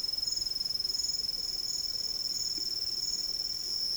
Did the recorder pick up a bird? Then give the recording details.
no. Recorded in secondary vegetation near Puerto Asís, Putumayo, Colombia, on 13 March 2025 at 12:00. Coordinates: 0.488, -76.319. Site G095